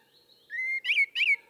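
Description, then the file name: Common blackbird calling with a level whistled note followed by two quick chirping notes that slur downward, over a very faint steady hum. "Turdus merula"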